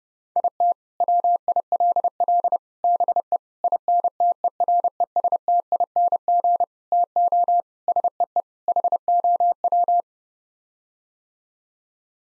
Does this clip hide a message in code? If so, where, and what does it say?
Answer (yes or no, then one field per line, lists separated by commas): yes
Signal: Morse code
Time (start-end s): 0.4-10.0 s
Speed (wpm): 28 wpm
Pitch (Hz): 700 Hz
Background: none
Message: IT WILL BE INTERESTING TO SEE HOW